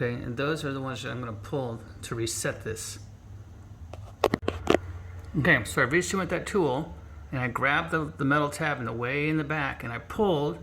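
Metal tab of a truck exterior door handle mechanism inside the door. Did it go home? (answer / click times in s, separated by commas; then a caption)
yes / 4.2 s. On a 2021 Ford F150 with the door closed, a tool reaches inside the door, grabs the metal tab at the back of the exterior door handle mechanism and pulls it with about 10 pounds of force. Someone talks, then a sharp clunk at 4.2 s is followed by a few quick knocks through 4.7 s. The handle mechanism resets and locks into place.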